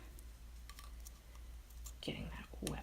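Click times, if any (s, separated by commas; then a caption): none. A plastic weapon accessory is handled and lined up with an action figure's hand, ready to be pushed home. Light plastic ticks and taps are heard against a low hum, and someone talks near the end. Nothing has seated or clicked yet.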